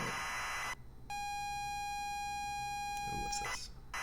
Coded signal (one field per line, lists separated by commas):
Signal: ZX Spectrum tape loading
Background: speech